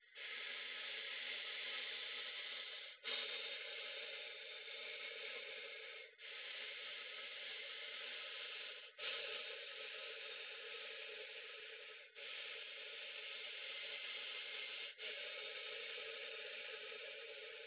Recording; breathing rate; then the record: paced breathing near a phone; 10 breaths a minute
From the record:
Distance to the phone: 20 cm